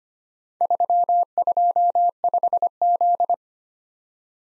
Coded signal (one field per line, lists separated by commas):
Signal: Morse code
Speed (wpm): 25 wpm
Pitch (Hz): 700 Hz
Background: none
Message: 325Z